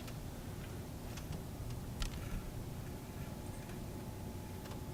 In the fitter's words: it in till it snaps press until it locks after